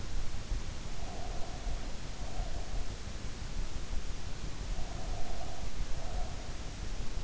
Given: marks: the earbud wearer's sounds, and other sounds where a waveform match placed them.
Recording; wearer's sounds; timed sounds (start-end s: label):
sounds in sleep by an in-ear microphone; breath
0.88-3.09 s: breath
4.88-6.98 s: breath